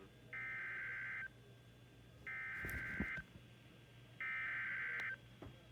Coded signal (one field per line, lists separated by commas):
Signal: Emergency Alert System (SAME) tones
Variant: header bursts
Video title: EAS Severe Thunderstorm Warning WXM42 8/28/20 9:04 PM (21:04)